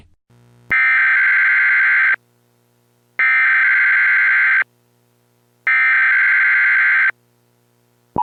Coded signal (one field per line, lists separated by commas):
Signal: Emergency Alert System (SAME) tones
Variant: header bursts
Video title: EAS MOCK - Los Angeles Assault